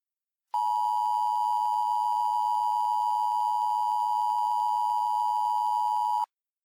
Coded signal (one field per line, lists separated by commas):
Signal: Emergency Alert System (SAME) tones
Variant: 853 and 960 Hz attention tone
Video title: EAS Mock 12: Inversion